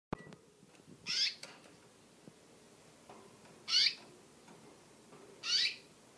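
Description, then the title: Orange-headed thrush giving three harsh high calls a couple of seconds apart. "Burung Anis Merah"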